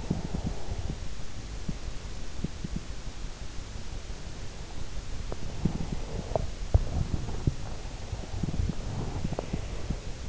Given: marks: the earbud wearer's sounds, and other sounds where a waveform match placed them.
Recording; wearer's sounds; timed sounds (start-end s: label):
sounds in sleep by an in-ear microphone; breath
0.00-3.00 s: breath
3.85-6.59 s: breath
7.63-10.29 s: breath